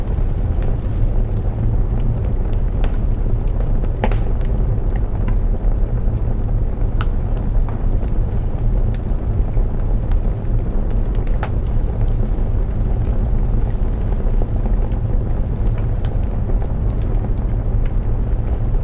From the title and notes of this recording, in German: Gemütliche Hütte mit dem Klang von Regen und knisterndem Kamin. Eingebettet in die unberührte Natur von Hvolsvöllur in Island. Draußen entfaltet die Natur ihre Symphonie, mit sanftem Regen, der gegen die Fenster prasselt, getragen von der isländischen Brise.